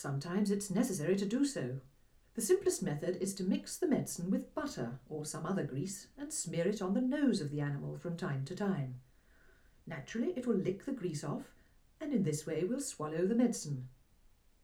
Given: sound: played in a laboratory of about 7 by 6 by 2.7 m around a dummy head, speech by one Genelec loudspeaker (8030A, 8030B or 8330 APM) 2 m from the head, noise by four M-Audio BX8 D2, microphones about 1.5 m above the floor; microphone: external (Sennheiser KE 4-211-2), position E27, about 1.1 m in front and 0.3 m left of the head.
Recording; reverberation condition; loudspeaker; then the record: female speech in English; low; 90 degrees to the left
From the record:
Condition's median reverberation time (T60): about 310 ms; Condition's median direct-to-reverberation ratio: about 3.5 dB